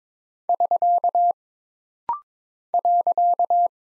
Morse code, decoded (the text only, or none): <SK> .